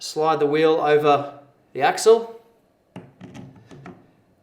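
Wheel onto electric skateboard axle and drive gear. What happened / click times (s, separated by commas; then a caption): The wheel was slid onto the axle without seating / none. Someone talks, then a wheel is slid over the axle of an Evolve electric skateboard and moved around to line up with the drive gear, giving a series of light handling knocks and thunks from about 3.0 to 3.9 seconds. The wheel has not seated and no click is heard yet.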